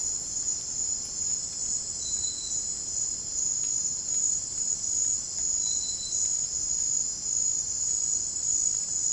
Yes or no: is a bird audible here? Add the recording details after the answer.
no. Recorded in dense forest near Puerto Asís, Putumayo, Colombia, on 30 June 2025 at 18:30. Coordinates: 0.503, -76.323. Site G059